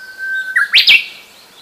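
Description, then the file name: Japanese bush warbler song: a long, even whistle breaks into a quick flourish of higher, bright notes. "uguisu"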